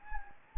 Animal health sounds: mosquito wingbeat signal from an infrared sensor; Anopheles gambiae

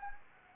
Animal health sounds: mosquito wingbeat signal from an infrared sensor; Anopheles gambiae

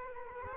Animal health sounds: mosquito wingbeat signal from an infrared sensor; Culex quinquefasciatus

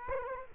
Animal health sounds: mosquito wingbeat signal from an infrared sensor; Culex quinquefasciatus

